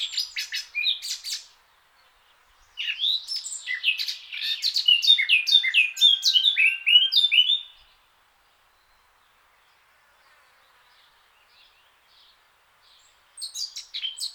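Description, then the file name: Eurasian blackcap singing two rich warbled phrases, the longer one a jumbled chatter running into clear whistles, followed by silence and a new phrase starting. "Sylvia atricapilla"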